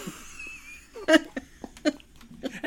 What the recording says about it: My son. We got a little hiccupy baby over here. Sound of our hiccuping child.